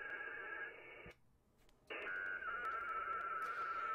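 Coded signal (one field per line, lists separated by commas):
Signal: HF data modem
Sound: two bursts of harsh wideband data hiss with a faint steady tone, brief silence between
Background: radio static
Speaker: this is literally dial up not even 28a this is like 14 for baby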